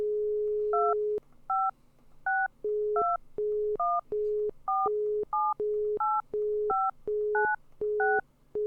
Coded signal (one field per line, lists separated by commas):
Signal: DTMF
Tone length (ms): 220 ms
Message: 25621478596